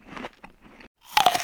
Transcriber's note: fx: biting into an apple